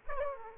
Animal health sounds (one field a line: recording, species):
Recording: mosquito wingbeat signal from an infrared sensor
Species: Aedes aegypti